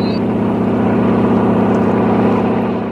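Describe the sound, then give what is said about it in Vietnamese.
A small single-propeller Piper plane's engine starts and drones steadily, a loud, low, throbbing rumble with a rhythmic pulsing that holds constant throughout, with no voices. “Cái cánh quạt duy nhất của chiếc Piper bắt đầu khởi động.”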